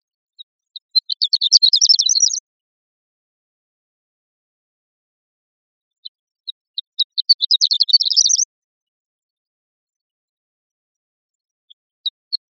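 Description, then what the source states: Bird gives two rapid bursts of high, twittering chirps that speed up and climb slightly, with a few isolated chirps before each burst and near the end. Recorded in Costa Rica.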